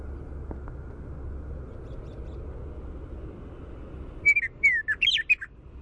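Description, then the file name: Western meadowlark song arriving late: a brisk series of clear whistled and slurred notes over a constant low rumble. Primary song. "WEME-Primary Song"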